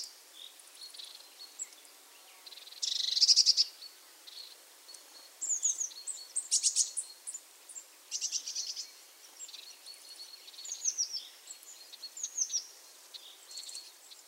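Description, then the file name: Eurasian blue tit calling with thin, high notes sliding downward, scattered throughout, with a brief buzzy burst near three seconds and a faint hiss throughout. "Cyanistes caeruleus"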